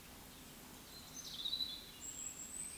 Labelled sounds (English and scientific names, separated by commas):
Eurasian Woodcock (Scolopax rusticola) whistle, Eurasian Woodcock (Scolopax rusticola) croak